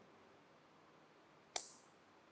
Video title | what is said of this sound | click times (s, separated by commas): Laboratory Exercise - 10 #CH28SP #swayamprabha | I hope you heard the click the reason why you hear this click sound is once this is when it is assembled | 1.6 s